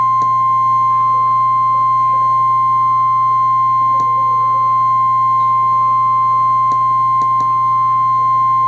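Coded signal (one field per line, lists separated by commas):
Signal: Emergency Alert System (SAME) tones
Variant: 1050 Hz attention tone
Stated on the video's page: Real NOAA Weather Radio EAS alert for a tornado warning.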